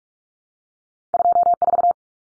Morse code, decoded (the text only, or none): 24